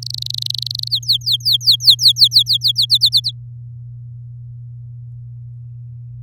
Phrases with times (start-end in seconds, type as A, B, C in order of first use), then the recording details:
0.02-0.88 A, 0.90-2.72 B, 2.75-3.31 C. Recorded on 7 May 2018 at 09:27. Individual llb16